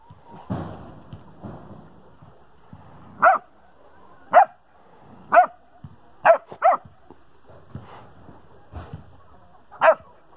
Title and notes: she is barking at the neighbors chickens